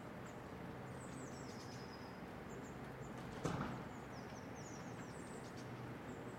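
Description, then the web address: Birds chirping, a series of thin, high descending notes scattered throughout over steady low background noise, with one brief thud near the middle. Birds in a residential area, calm atmosphere. "lynne-publishing Residential Area Birds Calm"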